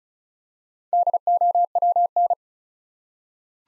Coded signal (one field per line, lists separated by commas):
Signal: Morse code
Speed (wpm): 36 wpm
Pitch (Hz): 700 Hz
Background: none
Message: DOWN